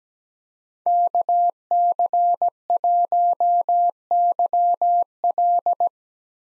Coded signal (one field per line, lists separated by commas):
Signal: Morse code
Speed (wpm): 17 wpm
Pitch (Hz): 700 Hz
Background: none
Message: KC1YL